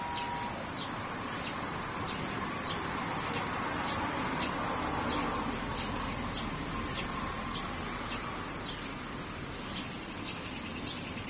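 Cicadas drone steadily throughout, a dense, bright, hissing buzz with no pause. A faint regular pulsing ticks about three times a second underneath, while a low rumble, probably traffic, runs along the bottom the whole time.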